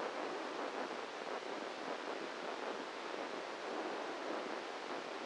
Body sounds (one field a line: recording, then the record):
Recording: brain microelectrode recording played as sound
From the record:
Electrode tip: inside the subthalamic nucleus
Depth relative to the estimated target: -2 mm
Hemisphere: right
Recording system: NeuroSet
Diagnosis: Parkinson's disease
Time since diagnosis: 7 years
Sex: male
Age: 44 years